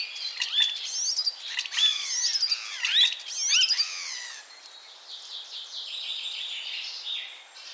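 Common starling with varied chattering, clicks and rising and falling slurred whistles, fading into softer, scratchy warbling.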